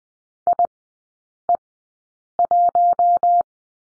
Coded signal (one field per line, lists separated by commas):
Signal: Morse code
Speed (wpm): 20 wpm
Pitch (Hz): 700 Hz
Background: none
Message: IE1